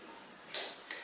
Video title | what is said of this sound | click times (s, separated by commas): How to reset the password for a TSA Lock + Quick Tips | there will be a click and this push button has gone down. | 0.5 s